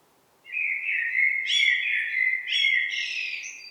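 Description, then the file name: Common blackbird song, one sustained mellow warbled phrase broken by bright, high chattering bursts. "Turdus merula"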